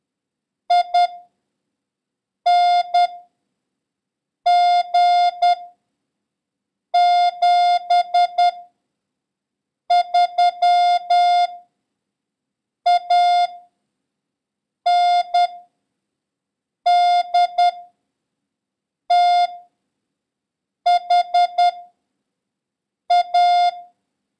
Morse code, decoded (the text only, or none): I N G 7 3 A N D T H A